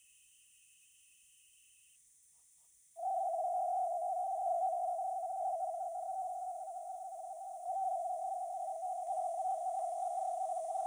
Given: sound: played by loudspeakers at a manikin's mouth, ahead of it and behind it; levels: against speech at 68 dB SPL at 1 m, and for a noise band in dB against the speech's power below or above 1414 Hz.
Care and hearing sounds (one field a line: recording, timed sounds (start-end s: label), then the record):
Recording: test signals for a remote microphone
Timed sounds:
0.00-1.95 s: noise band at 2828 Hz, as loud as that band is in speech
2.95-7.65 s: noise band at 707 Hz, -10 dB
7.65-10.87 s: noise band at 707 Hz, -5 dB
From the record:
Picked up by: remote microphone C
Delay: 23 ms